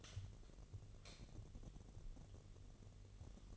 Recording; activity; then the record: daily activity, microphone in the room; light on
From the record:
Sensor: 4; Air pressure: 1012.7 hPa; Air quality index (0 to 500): 249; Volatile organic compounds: 4 ppm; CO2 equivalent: 1691 ppm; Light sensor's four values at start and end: 15/33/14/14 and 17/43/17/18